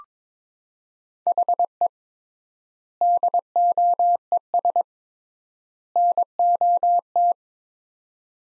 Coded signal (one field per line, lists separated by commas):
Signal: Morse code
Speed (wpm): 22 wpm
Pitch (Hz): 700 Hz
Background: none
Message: HE DOES NOT